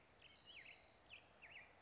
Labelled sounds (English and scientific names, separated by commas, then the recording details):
Spotted Towhee (Pipilo maculatus)
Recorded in Sonoma County, California